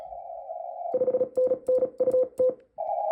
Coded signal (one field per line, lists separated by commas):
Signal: Morse code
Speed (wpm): 36 wpm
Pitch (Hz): 510 Hz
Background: none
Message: 5NN UT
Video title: When it rains it pours #morsecode #dxing #hamradio